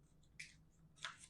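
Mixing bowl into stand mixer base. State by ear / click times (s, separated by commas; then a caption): seated / 0.4 s, 1.0 s. A mixing bowl that was not locked in place is reset onto a stand mixer base. Two sharp, snap-like clicks are heard at 0.4 s and 1.1 s, the first louder, over a low steady hum. The bowl locks into place.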